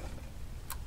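Memory modules are handled over motherboard DIMM slots while being pushed toward the retention latches. A low background rumble runs throughout, with a brief bright high-frequency burst near 0.7 s and a sharp transient right at the end. Nothing has seated or clicked yet.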